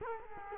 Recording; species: mosquito wingbeat signal from an infrared sensor; Culex quinquefasciatus